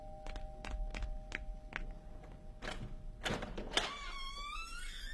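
A door is opened: a run of sharp metallic clicks and rattles from the latch, then a couple of louder thuddy bursts as it swings, ending in a brief high squeak.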